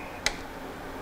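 A ratchet torque wrench set to about 90 inch-pounds tightens a brake caliper pin on a Harley touring motorcycle. A single short, sharp click is heard at 0.3 s over a quiet background. The wrench clicks at its setting, confirming the pin is torqued.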